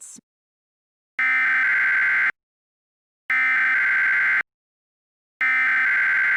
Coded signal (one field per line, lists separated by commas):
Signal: Emergency Alert System (SAME) tones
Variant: header bursts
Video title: EAS RWT 2